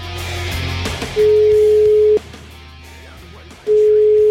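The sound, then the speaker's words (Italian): A telephone ringback tone on a call to a pharmacy: two loud, steady low-pitched tones, each about a second long, separated by a pause of silence-like line hiss, after a short burst of background noise. “Sentite cosa è successo in questa telefonata.”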